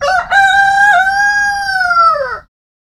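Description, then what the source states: Chicken: rooster crowing once, a loud harmonic cock-a-doodle-doo with a stuttered start, then a long sustained note that drops away at the end. Male (rooster).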